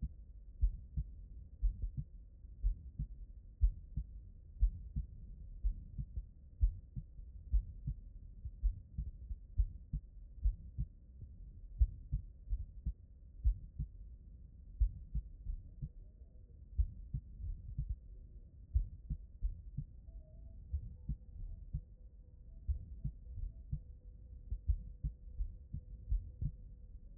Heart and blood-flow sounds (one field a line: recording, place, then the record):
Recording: heart sounds by stethoscope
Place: aortic valve (AV)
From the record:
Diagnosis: non-HFrEF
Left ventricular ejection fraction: 65%